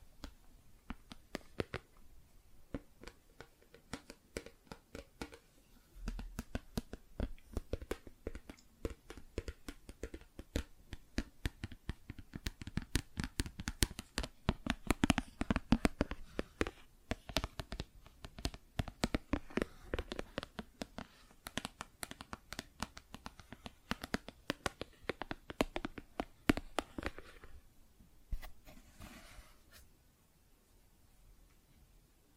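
Plastic objects are tapped and scratched in a fast, dense run of sharp clicks and clatters, with brief scraping between them. The activity builds after about five seconds, peaks near fifteen, and thins out after twenty-seven, ending in sparse, quiet taps.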